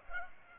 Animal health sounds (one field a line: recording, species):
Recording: mosquito wingbeat signal from an infrared sensor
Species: Culex pipiens